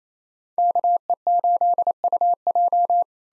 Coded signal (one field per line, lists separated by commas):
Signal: Morse code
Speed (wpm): 28 wpm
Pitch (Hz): 700 Hz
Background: none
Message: KE8UJ